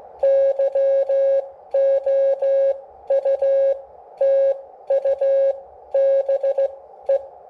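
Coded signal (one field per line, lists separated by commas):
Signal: Morse code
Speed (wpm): 15 wpm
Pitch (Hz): 550 Hz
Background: none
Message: YOUTUBE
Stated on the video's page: CW transmit demo from a Xiegu G106.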